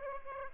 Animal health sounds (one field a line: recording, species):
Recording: mosquito wingbeat signal from an infrared sensor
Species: Aedes aegypti